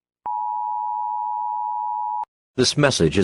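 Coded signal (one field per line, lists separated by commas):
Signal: Emergency Alert System (SAME) tones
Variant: 853 and 960 Hz attention tone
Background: speech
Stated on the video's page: Made-up EAS scenario for entertainment.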